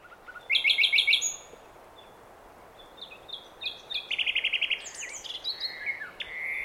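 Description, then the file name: Common nightingale singing a rapid rattling trill of repeated notes, a pause, then varied whistles and a second fast repeated series ending in drawn-out slurred notes. "Luscinia megarhynchos"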